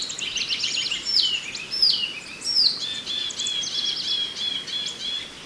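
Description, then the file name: Chinese hwamei song with quick slurred whistles and bright downward-sweeping notes, changing phrase after phrase over steady background hiss. "suara alam hwamei"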